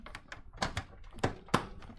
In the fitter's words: pulls forward and that locks into place and it's on like a rubber mountain so there's the drive installed so that's